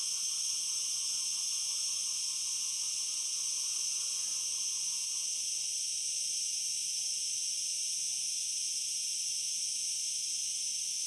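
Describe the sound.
Cicada droning in an unbroken, high-pitched shrill buzz that holds steady in pitch and loudness throughout.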